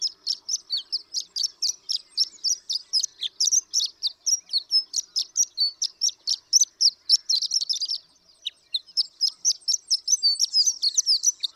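Horned lark producing a rapid, high, metallic twitter sustained for several seconds, briefly faltering before continuing at the same quick pace.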